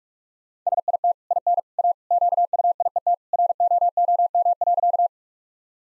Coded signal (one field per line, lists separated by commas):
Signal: Morse code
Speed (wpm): 46 wpm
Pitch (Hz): 700 Hz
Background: none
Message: SIT IN A QUIET ROOM.